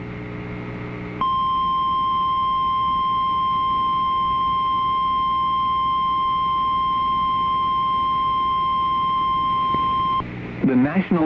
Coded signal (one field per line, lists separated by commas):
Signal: Emergency Alert System (SAME) tones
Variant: 1050 Hz attention tone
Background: speech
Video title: Severe Thunderstorm Warning (Fayette, Haywood, Shelby, Tipton Counties, TN) (5/20/25) [EAS #171]